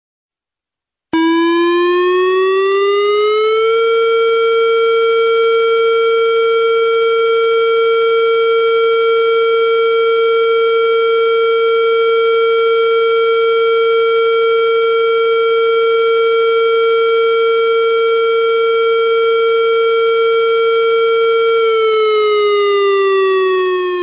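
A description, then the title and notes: A nuclear plant siren sounds at full volume, starting abruptly at about one second and winding up in pitch over the next few seconds. It then holds a loud, steady wail until around 22 seconds, when the tone begins sliding back down. Listen to a test of the Brunswick Nuclear Plant siren during a full volume test.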